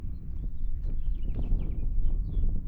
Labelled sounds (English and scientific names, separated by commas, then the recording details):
House Finch (Haemorhous mexicanus) song
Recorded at Point Lookout on Long Island, New York, on 2 June 1975
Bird D